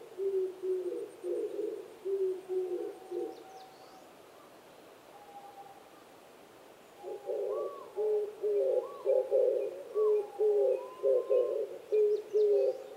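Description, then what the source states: Oriental turtle dove cooing: deep, throaty repeated phrases, a pause of several seconds, then the rhythmic cooing resumes while other birds whistle softly behind. Recorded 26 April 2010 at 05:29.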